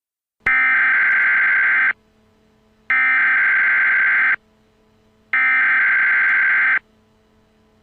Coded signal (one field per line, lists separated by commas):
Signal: Emergency Alert System (SAME) tones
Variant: header bursts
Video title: EAS Scenario 4: Blood Cats III:The Fall Of New York City